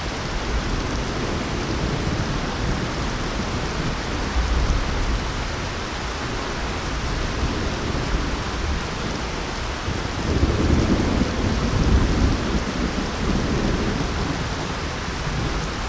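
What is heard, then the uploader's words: Steady, dense rain falls throughout, a constant close hiss of drops spread from low to high. A deeper rumbling swell, likely distant thunder, builds around ten seconds and lingers through the middle of the clip before easing back into the rain. Rain And Thunder Sound During Night.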